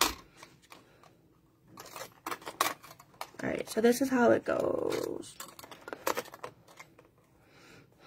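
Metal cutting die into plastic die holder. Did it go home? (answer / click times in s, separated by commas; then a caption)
no / none. A thin metal cutting die is handled and pressed toward a plastic die-cutting holder while someone talks, with a series of short clicks and taps of handling. Nothing has seated or clicked into place yet.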